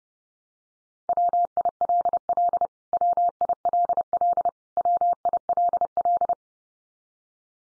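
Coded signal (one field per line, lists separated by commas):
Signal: Morse code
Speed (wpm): 30 wpm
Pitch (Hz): 700 Hz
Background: none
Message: WILL WILL WILL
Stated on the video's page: Morse practice drill of the 100 most common English words at 30 wpm, each sent three times, spoken, then sent again.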